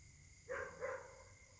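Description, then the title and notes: A dog gives two short barks in quick succession over a steady high-pitched hum. Dogs barking together at night in Caltex, Trois-Mares, Réunion; recorded on a Samsung Galaxy S8 smartphone whose left microphone tends to be clogged. "Caltex, 3 mares, Réunion. La nuit s'annonce difficile pour les habitants: concert de chiens"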